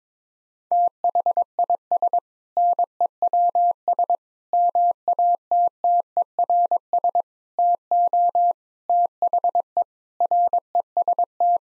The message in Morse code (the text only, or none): THIS NEWS MATTERS TO THE REST